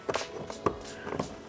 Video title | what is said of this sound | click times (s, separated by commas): Ford Focus Window Switch Replacement | pops into place | 0.7 s